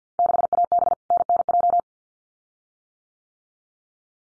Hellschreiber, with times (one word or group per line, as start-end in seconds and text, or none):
none